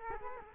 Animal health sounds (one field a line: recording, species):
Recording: mosquito wingbeat signal from an infrared sensor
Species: Culex quinquefasciatus